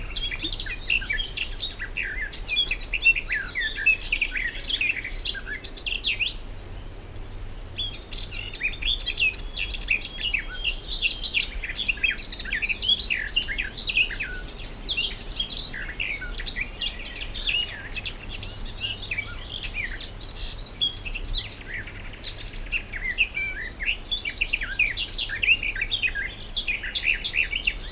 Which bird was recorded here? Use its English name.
Garden Warbler